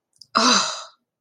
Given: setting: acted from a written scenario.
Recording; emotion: vocal sound without words; awe